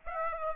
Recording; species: mosquito wingbeat signal from an infrared sensor; Aedes aegypti